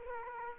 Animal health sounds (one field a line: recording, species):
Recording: mosquito wingbeat signal from an infrared sensor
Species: Culex quinquefasciatus